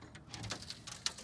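The second latch on the other side of a hinged pickup bed floor on a Smyth Beetle ute is released, with a few lighter sharp taps at about 0.3, 0.5 and 0.7 seconds. The latch pops open with the loudest sharp click at 1.1 seconds.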